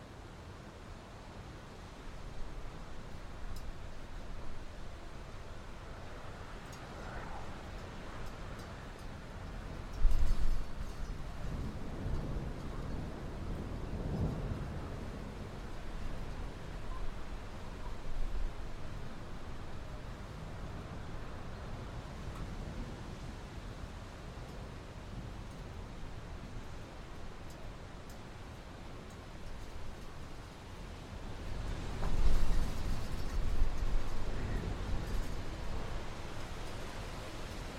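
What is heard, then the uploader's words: Wind blows steadily with a dense, low rushing roar that rises and falls in slow surges. Stronger gusts swell around 10 seconds, 14 seconds and again near 32–35 seconds, with a brief thump at about 10 seconds and faint rustling throughout. The dynamic and majestic sound of winds as they sweep across open fields, mountains, and forests.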